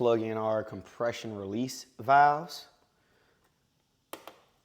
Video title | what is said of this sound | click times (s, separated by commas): PT.5 INSTALLING THE TOP ROCKER BOX COVER, THROTTLE BODY AND MANIFOLD AIR CLEANER AND PUSH RODS | So it locks in right there. | 4.1 s